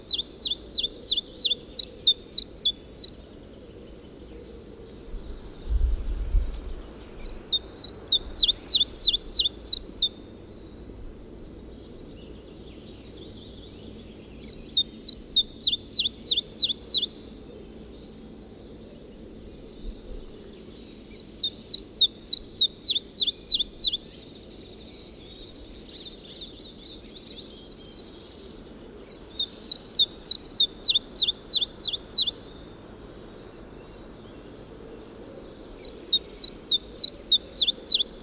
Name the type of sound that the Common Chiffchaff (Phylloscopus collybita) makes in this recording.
song